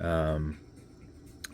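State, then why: Released. Someone talks briefly, then the screw-down crown of an automatic mechanical wristwatch is unscrewed off the threads of its case tube. A single sharp, short click is heard at 1.5 s as the crown comes off the threads and pops out to the winding position, releasing it.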